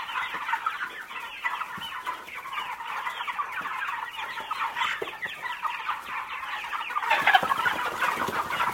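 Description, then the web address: Birds in a large flock clucking without pause, a thick continuous chatter that grows slightly louder near the end. "audio animali uccelli uccelli birds"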